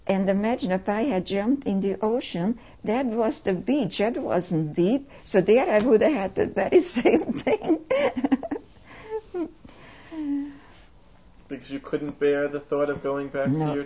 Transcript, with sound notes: And imagine if I had jumped in the ocean, that was the beach, that wasn't deep, so there I would have had the very same thing (she laughs)
Because you couldn't bare the thought of going back to your town?